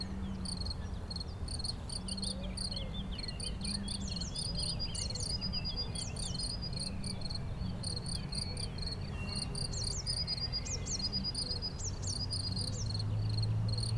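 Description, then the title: Cricket chirping in short clustered bursts of high pulses, with bird twittering at times and a low background rumble. Single cricket in Chindrieux, France; among the first crickets of the season, calling intermittently for several days. "Chindrieux, France - grillon seul"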